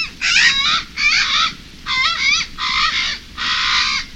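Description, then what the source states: Hawaiian Crow giving five harsh, raspy cawing calls, each under a second long, spaced roughly evenly over four seconds. Bird held sacred in traditional Hawaiian culture; resembles ravens; adapted to tropical forest interior; once common on forested slopes of the Big Island; extinct in the wild by 2002.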